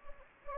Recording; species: mosquito wingbeat signal from an infrared sensor; Anopheles gambiae